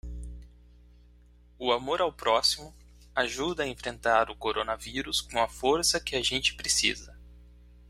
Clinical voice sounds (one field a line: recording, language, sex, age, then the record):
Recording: spoken sentence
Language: Brazilian Portuguese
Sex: male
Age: 30 to 39 years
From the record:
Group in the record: control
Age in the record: 39 years